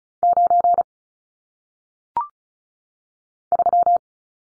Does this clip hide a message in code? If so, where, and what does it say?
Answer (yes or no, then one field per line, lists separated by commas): yes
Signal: Morse code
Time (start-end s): 0.2-4.0 s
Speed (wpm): 34 wpm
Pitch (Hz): 700 Hz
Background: none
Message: 9 3